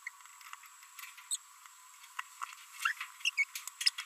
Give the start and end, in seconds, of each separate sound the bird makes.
1.31-1.36, 2.80-2.92, 3.25-3.29, 3.38-3.44